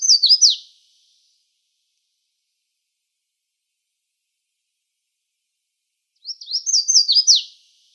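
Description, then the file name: Red-faced warbler: the end of one high, twittering phrase, then silence, then a full phrase of quick slurred notes ending in sharp falling notes. Recorded in Arizona on 2 May 2004. "RFWA 4 deviche"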